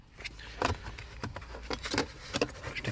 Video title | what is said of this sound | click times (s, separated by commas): BMW F10 F11 Dashcam Kabel im Innenraum verlegen, Mittelkonsole, ausbau Handschufach | Stecken wir das Kabel noch ein. Eingeklipst. | 2.4 s